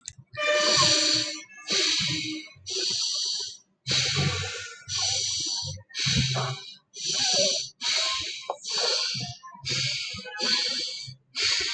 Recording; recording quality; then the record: shallow breathing; moderate, slight background noise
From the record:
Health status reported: healthy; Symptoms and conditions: sore throat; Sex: male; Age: 30 years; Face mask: not worn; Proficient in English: yes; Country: India